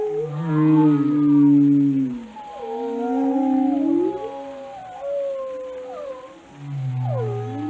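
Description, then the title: Whale song, a sequence of deep moans followed by swooping upsweeps and downsweeps, with varied tonal units and short pauses. "Whale Watching: A Close Encounter with the Giants of the Sea"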